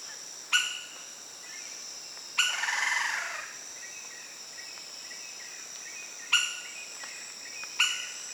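Lineated woodpecker: abrupt, sharp single calls, one followed by a harsh rasping burst, spaced irregularly, with constant high-pitched insect drone throughout.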